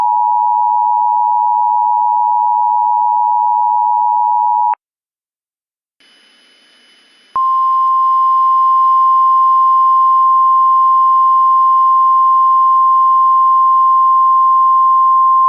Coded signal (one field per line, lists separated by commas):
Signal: Emergency Alert System (SAME) tones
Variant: 853 and 960 Hz attention tone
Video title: EAS Scenario Special - Absolute Zero